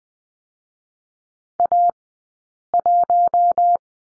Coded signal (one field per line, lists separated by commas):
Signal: Morse code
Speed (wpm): 20 wpm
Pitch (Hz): 700 Hz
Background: none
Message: A1